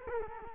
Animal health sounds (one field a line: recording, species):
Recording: mosquito wingbeat signal from an infrared sensor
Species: Culex quinquefasciatus